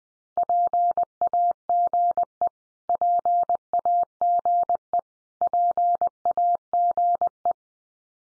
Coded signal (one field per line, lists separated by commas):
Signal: Morse code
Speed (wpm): 20 wpm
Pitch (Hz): 700 Hz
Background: none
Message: PAGE PAGE PAGE